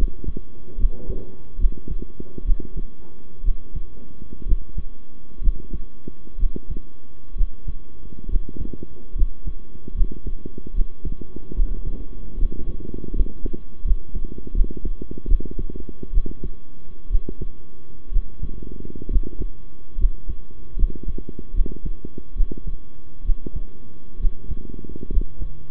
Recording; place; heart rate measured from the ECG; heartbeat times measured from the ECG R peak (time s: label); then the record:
heart sounds by stethoscope; between the tricuspid and mitral areas; 69 bpm
0.77 s: heartbeat
1.58 s: heartbeat
2.44 s: heartbeat
3.43 s: heartbeat
4.45 s: heartbeat
5.41 s: heartbeat
6.38 s: heartbeat
7.35 s: heartbeat
8.28 s: heartbeat
9.14 s: heartbeat
9.94 s: heartbeat
10.73 s: heartbeat
11.54 s: heartbeat
12.37 s: heartbeat
13.13 s: heartbeat
13.84 s: heartbeat
14.53 s: heartbeat
15.27 s: heartbeat
16.12 s: heartbeat
17.09 s: heartbeat
18.11 s: heartbeat
19.09 s: heartbeat
19.97 s: heartbeat
20.76 s: heartbeat
21.53 s: heartbeat
22.35 s: heartbeat
23.24 s: heartbeat
24.19 s: heartbeat
25.10 s: heartbeat
From the record:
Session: rest, sitting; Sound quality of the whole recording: good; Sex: male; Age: 23 years